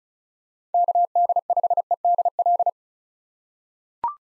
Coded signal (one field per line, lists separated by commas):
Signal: Morse code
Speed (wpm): 36 wpm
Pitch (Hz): 700 Hz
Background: none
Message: KD5EDL